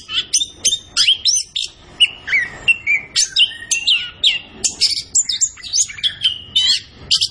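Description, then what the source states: Orange-headed thrush song of quick, varied phrases: clear whistles and downward slurs, delivered in a steady, energetic stream. Bird singing vigorously and continuously (gacor); used to train songbirds in Indonesian songbird keeping.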